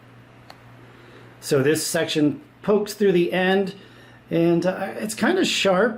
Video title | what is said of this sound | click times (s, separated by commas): 8 Flight System VS Winmau Stealth System - Which One Is Better? | once it's installed, you're going to hear a click. | 0.5 s